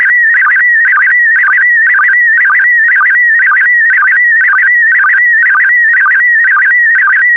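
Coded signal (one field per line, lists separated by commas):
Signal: SSTV (slow-scan television)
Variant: PD120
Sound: warbling tone between 1.2 and 2.3 kHz, repeating about twice a second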